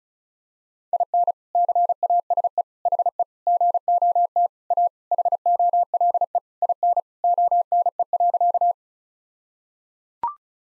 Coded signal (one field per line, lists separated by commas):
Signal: Morse code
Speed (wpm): 36 wpm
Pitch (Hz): 700 Hz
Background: none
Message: IN CASE HE GOT A HOLE IN ONE.